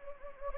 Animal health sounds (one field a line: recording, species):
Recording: mosquito wingbeat signal from an infrared sensor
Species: Anopheles gambiae